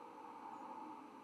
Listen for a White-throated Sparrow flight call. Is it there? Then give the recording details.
yes. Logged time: 03:35 on 10 November 2014